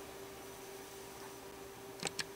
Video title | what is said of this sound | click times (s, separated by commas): Replacement Keyboard Key Toshiba Repair Guide | press on the corner Corners diagonally and the key will snap into place | 2.1 s, 2.2 s